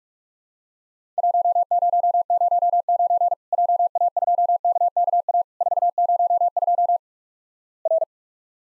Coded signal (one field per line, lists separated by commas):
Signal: Morse code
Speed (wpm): 48 wpm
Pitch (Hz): 700 Hz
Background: none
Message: 1009 JA2KKA 402 R